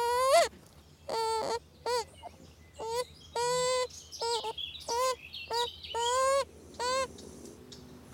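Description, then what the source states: Beaver kit begging: a run of nasal, whining cries rich in harmonics, repeated at an uneven pace. A hungry baby beaver that wants to suckle again.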